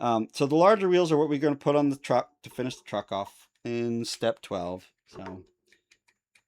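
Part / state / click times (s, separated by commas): plastic wheel on brick axle pin / not seated / none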